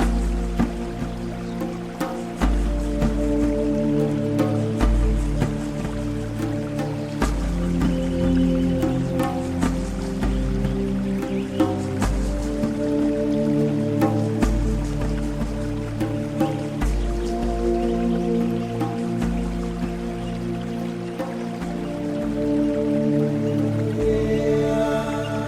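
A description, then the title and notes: Calm, slow music with soft sustained low and middle tones that shift to new chords every few seconds, holding a steady, even level throughout. Light dripping and trickling water sounds tap irregularly over the top, adding small bright clicks across the whole passage. Calming Music - Nature Sounds, Zen Music.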